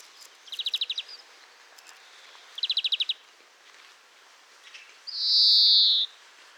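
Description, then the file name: European greenfinch giving two short rapid trilled bursts of high notes, then one long loud wheezy buzzing note, against a faint background. "Chloris chloris"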